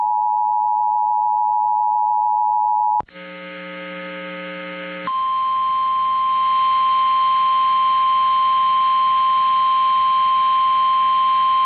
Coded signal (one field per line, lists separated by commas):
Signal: Emergency Alert System (SAME) tones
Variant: 853 and 960 Hz attention tone